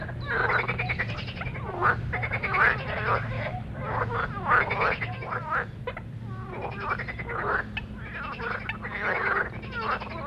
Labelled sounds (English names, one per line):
Marsh Frog call